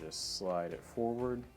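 A replacement motor gearbox is slid forward into the plastic arm of a Contixo F5 toy drone while someone talks. Nothing has seated or clicked yet; the gearbox is not yet home in the arm.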